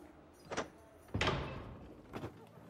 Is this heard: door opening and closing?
yes